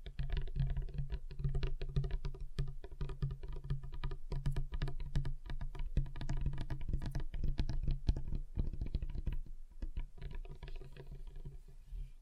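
Fingers tap rapidly on a table, the taps dense and fast, like drumming or typing, with a steady low hum underneath. The tapping keeps up for most of the twelve seconds, thinning briefly around nine to ten seconds before picking up again, slightly softer.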